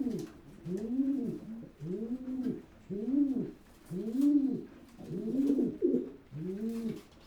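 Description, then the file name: Pigeon repeating soft, rising-and-falling coos about once a second. "holub"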